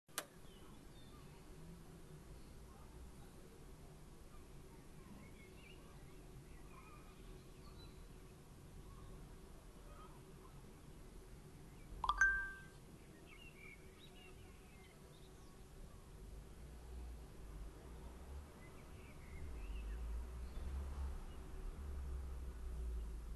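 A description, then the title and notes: A back garden as the city slides into morning: a steady low rumble of traffic with a faint constant hum, and scattered small bird chirps. A sharp clack or knock stands out near twelve seconds, and the low rumble swells toward the end. Brighton, waking. From the back garden, the sounds of a city sliding into morning.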